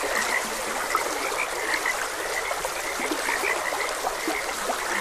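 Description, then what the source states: Frog chorus of quick overlapping croaks, several brief notes standing out, with continuous trickling stream sound beneath. Frogs croaking beside a gentle stream.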